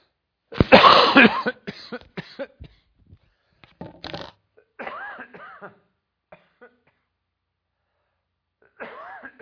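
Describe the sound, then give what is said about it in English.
A harsh, loud burst of coughing opens, followed by several shorter hacking coughs and raspy, strained breaths, then a pause before one more rough, throaty sound at the end. “I made it without coughing my head off.”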